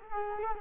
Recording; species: mosquito wingbeat signal from an infrared sensor; Culex quinquefasciatus